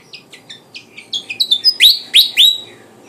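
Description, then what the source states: Flycatcher singing a series of short high notes that speed up and grow louder, ending in three strong, piercing downslurred whistles. Sikatan Jawa, described as gacor (singing vigorously); kipasan style.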